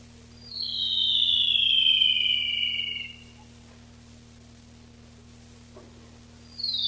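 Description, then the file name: Rufous-tailed robin song: one long, high, shimmering trill gliding steadily down in pitch, then a pause before the next phrase begins, with a quiet background hum. Recorded 19–22 July 1991. "Lsibilans 3 19-22 07 91"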